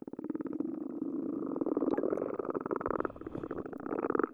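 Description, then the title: Continuous underwater frog calling, a throbbing rapid pulse train that wavers in loudness throughout. Underwater, with a hydrophone; multiple frogs. "Hydrophone Recording of Frogs"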